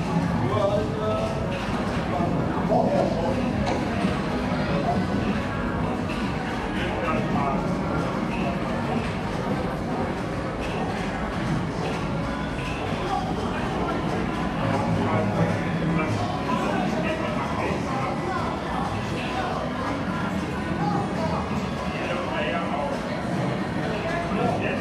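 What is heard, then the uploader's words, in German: A gaming arcade fills the scene with a dense, unbroken wash of many overlapping voices and chatter. The level stays steady throughout, with scattered brighter bleeps and machine sounds flickering through the crowd noise and a low rumble underneath. Klangreise in eine euphorische Gaming Arcade. Automaten, spielende Menschen.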